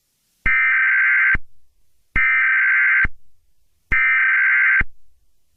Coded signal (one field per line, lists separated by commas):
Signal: Emergency Alert System (SAME) tones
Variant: header bursts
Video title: EAS Scenario #4: The Singing Clergyman